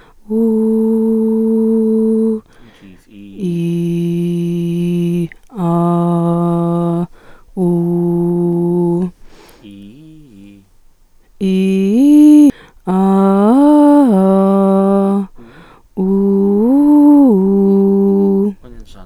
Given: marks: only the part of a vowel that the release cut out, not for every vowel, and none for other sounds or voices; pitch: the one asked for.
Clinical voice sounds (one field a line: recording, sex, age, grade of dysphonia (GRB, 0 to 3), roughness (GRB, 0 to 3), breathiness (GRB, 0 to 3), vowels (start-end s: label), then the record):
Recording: sustained vowels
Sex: female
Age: 18 to 19 years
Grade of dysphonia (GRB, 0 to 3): 1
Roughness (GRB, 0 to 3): 1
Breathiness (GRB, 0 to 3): 0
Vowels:
0.35-2.28 s: vowel /u/, high pitch
3.47-5.19 s: vowel /i/, low pitch
5.66-6.94 s: vowel /a/, low pitch
7.65-8.92 s: vowel /u/, low pitch
11.46-12.43 s: vowel /i/, low-high-low pitch
13.00-15.00 s: vowel /a/, low-high-low pitch
16.29-18.28 s: vowel /u/, low-high-low pitch
From the record:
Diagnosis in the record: healthy voice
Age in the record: 19 years